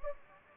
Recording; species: mosquito wingbeat signal from an infrared sensor; Anopheles gambiae